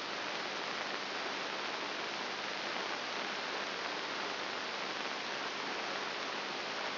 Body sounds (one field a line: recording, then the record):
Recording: brain microelectrode recording played as sound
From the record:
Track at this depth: inside the subthalamic nucleus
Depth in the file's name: 4.7 mm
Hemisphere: right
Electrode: 3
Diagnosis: Parkinson's disease